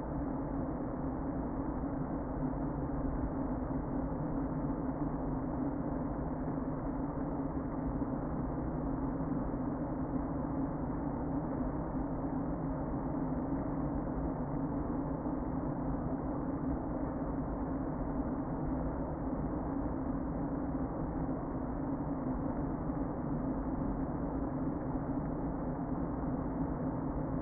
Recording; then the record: honeybee colony, microphone inside the hive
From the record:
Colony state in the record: queen present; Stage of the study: before two queens were removed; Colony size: about 60,000 bees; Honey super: yes